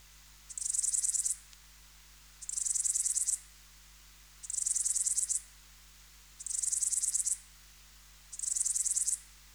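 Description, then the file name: Bush-cricket song: high, dry buzzing bursts about a second long, repeated roughly every two seconds, five bursts in a steady rhythm over a quiet background. "Baetica ustulata"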